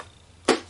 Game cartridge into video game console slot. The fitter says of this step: And they just went into the slot there and you will hear it